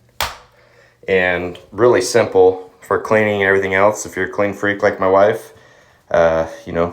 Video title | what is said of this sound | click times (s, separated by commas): BEMIS Elongated Toilet Seat with Slow Close & Easy Clean Feature Demo | all on there now and then you you go ahead and push these down they snap right in | 0.2 s